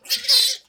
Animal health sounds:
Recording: pig call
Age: piglet (1 to 25 days)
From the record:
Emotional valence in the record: negative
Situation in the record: restrain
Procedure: back test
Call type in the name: high-frequency call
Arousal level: medium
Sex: female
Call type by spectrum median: high-frequency call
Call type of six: high-frequency stable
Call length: 0.69 s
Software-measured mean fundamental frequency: 334 Hz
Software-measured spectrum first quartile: 4068 Hz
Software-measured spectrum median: 4765 Hz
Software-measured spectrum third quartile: 6003 Hz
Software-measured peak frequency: 4119 Hz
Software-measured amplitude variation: 223 dB a second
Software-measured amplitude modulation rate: 14.5 a second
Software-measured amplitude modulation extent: 15.4 dB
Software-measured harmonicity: 5.1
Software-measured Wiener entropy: -2.04

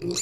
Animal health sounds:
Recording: pig call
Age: weaner (32 to 43 days)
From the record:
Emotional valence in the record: negative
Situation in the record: long isolation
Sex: female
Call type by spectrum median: high-frequency call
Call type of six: mixed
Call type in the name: high-frequency modulated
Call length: 0.22 s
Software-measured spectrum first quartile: 342 Hz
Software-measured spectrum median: 2491 Hz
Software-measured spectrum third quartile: 6001 Hz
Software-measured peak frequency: 353 Hz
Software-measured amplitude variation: 132 dB a second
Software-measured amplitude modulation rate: 27.1 a second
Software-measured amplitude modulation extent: 4.9 dB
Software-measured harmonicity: 7.2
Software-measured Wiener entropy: -4.23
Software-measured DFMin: 1252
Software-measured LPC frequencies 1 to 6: 356, 1221, 2467, 4025, 5657, 6178 Hz

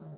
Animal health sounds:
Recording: pig call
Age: piglet (1 to 25 days)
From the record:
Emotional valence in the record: negative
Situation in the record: long isolation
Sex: male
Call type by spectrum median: low-frequency call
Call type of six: low-frequency modulated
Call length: 0.18 s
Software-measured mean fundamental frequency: 51 Hz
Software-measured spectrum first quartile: 155 Hz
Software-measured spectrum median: 230 Hz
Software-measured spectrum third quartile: 601 Hz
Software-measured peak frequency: 157 Hz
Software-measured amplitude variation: 76 dB a second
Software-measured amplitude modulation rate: 16.5 a second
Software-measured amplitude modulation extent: 4.6 dB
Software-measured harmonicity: 4.6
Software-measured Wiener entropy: -0.32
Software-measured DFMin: 1260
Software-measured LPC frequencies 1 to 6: 1332, 2683, 4041, 6086, 6957, 8286 Hz

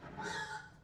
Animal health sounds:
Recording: pig call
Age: growing-finishing pig (85 days or more)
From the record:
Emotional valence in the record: positive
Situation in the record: run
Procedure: transit

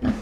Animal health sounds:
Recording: pig call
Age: growing-finishing pig (85 days or more)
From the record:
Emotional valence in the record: negative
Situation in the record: barren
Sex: female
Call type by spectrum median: low-frequency call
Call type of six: low-frequency stable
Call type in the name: low-frequency stable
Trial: 3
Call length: 0.21 s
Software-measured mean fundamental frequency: 42 Hz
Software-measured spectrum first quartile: 194 Hz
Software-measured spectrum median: 267 Hz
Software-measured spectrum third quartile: 548 Hz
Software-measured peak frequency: 238 Hz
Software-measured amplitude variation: 126 dB a second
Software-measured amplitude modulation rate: 16.3 a second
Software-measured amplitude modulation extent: 7.7 dB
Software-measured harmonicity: 3.6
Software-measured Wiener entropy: -0.73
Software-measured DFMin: 785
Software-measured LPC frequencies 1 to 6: 1674, 3188, 4769, 5342, 6154, 6798 Hz

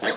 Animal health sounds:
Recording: pig call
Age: piglet (1 to 25 days)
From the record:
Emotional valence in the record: positive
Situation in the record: huddling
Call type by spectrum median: low-frequency call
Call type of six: high-frequency stable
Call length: 0.18 s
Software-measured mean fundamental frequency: 191 Hz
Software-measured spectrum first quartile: 560 Hz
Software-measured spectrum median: 1387 Hz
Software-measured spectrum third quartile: 2442 Hz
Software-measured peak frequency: 467 Hz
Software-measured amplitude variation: 121 dB a second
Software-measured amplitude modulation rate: 8.5 a second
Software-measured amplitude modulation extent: 14.2 dB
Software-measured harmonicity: -0.6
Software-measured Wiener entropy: -1.20

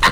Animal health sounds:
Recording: pig call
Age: piglet (1 to 25 days)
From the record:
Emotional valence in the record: positive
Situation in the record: reunion after long isolation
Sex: male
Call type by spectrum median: low-frequency call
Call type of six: low-frequency tonal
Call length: 0.12 s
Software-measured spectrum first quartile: 914 Hz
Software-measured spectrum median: 1598 Hz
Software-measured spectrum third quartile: 2602 Hz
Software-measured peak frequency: 1050 Hz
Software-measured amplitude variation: 128 dB a second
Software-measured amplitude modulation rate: 4.0 a second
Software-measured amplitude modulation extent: 31.9 dB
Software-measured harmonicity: 2.3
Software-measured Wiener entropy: -1.69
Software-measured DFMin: 577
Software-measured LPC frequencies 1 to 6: 1043, 1890, 2864, 3912, 4967, 5885 Hz

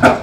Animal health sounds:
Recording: pig call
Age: growing-finishing pig (85 days or more)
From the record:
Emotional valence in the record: positive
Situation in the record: run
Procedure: transit

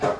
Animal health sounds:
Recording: pig call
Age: growing-finishing pig (85 days or more)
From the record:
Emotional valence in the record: positive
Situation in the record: run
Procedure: transit

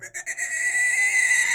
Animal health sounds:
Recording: pig call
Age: weaner (32 to 43 days)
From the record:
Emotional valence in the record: negative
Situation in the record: restrain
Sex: male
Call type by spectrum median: high-frequency call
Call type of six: high-frequency stable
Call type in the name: high-frequency stable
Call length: 1.55 s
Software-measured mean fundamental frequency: 219 Hz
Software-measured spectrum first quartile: 1994 Hz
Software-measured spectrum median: 2692 Hz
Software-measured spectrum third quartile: 7467 Hz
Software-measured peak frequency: 1990 Hz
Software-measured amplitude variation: 194 dB a second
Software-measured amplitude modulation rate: 17.1 a second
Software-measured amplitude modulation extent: 11.4 dB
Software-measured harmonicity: 8.6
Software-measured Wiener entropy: -3.97

